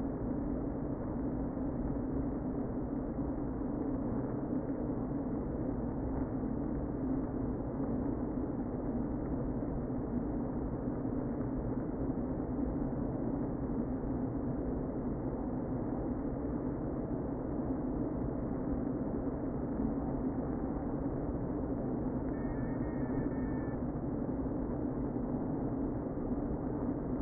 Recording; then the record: honeybee colony, microphone inside the hive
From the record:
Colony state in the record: queen present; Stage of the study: before two queens were removed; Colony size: about 60,000 bees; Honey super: yes